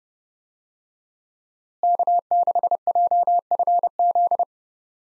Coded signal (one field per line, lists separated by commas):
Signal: Morse code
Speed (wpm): 30 wpm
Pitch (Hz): 700 Hz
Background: none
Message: K6JFZ